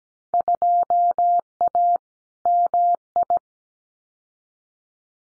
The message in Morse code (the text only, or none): 2A MI